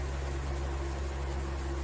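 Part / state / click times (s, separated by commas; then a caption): plastic upper part of a game controller clipping into the controller housing / not seated / none. The upper plastic shell part of a disassembled Switch HAC-013 wireless game controller is being pushed toward the controller housing so its retaining clips go in. Only a steady low hum and broadband noise are heard, with no distinct hits. Nothing has seated or clicked yet.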